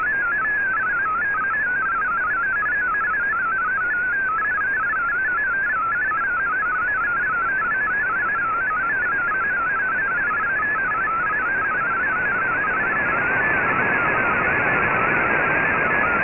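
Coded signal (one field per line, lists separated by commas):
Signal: multi-tone FSK (Olivia or MFSK type)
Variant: MFSK32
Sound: rapid warbling tone hopping between pitches, steady throughout, over broadband hiss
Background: radio static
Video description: Here is my decode of the Shortwave Radiogram broadcast today on 15770Khz shortwave radio at 1300UTC in MFSK32 and 64 and with 9 SSTV images.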